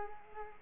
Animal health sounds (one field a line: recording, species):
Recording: mosquito wingbeat signal from an infrared sensor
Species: Culex quinquefasciatus